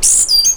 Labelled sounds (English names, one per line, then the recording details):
Stitchbird song
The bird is a male
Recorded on Tiritiri Matangi Island, New Zealand, in 2005
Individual 12, of nest box 16